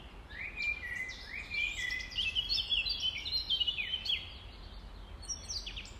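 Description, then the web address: Common nightingale singing a rapid string of rich whistles and slurred notes, phrases tumbling quickly one after another. Recorded at dawn around 05:33 on 5 May 2020. "2020 05 06 nightingales"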